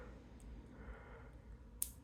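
A small orange plastic projectile is pushed into a spring-loaded plastic toy pistol shell, with quiet handling noise and a faint tick near 0.4 s. A sharp, bright click sounds at 1.8 s as the projectile seats in the shell.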